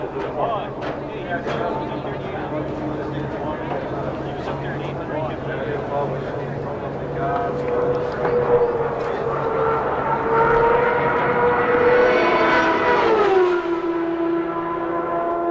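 At Phoenix International Raceway, a steady low engine rumble and murmuring voices; an engine whine climbs from mid-clip, then drops sharply near the end.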